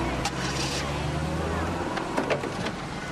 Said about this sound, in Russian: Сидевший в машине неподалеку полицейский заводит машину, берет рацию.